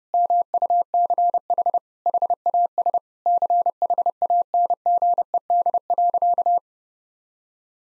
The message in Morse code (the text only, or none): MUCH HAS CHANGED.